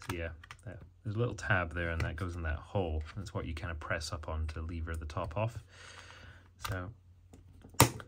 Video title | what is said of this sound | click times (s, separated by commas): IKEA Bilresa Remote Control Teardown - Interesting Product Engineering | just push it all together and it snaps into place. | 7.8 s